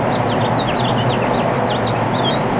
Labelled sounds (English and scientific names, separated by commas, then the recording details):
House Finch (Haemorhous mexicanus) song
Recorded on Long Island, New York, on 13 June 2011
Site MH
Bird B